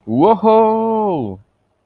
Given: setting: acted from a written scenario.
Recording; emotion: vocal sound without words; triumph